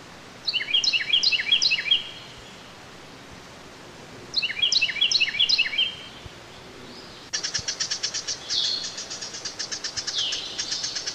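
Carolina wren singing rolling, rapidly repeated phrases in two bursts, followed by a dense run of high pulsing chirps.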